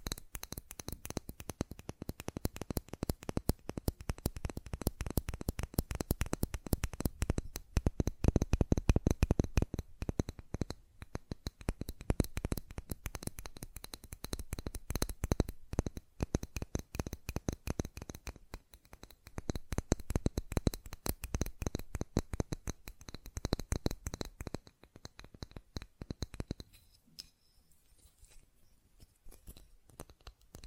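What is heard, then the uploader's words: Fast, dense tapping on hard surfaces runs almost without pause, clicky, with quick bursts that swell louder around eight to ten seconds and again near twenty. The taps thin out and grow quieter in the last few seconds. ASMR Fast Tapping for Intense Tingles (No Talking).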